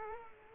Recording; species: mosquito wingbeat signal from an infrared sensor; Culex quinquefasciatus